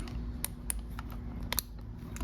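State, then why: Seated. The yellow lead of an integrated taillight on a 2021-2023 Honda CBR/CB 650R is pushed into the orange harness connector, a small plastic connector that latches together. Among several short, sharp plastic ticks over a low, steady background hum, the connector clicks in at 0.7 s. The connector is confirmed seated.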